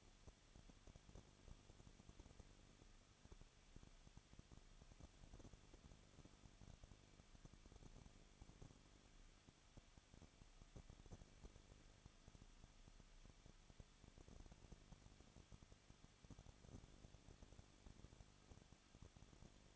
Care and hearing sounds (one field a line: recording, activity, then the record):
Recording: daily activity, microphone in the room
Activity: no activity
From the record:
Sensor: 4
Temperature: 23.0 degrees Celsius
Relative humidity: 34.2%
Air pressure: 1007.3 hPa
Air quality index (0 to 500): 214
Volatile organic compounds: 14 ppm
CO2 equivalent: 2469 ppm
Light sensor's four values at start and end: 2/3/1/1 and 2/3/1/1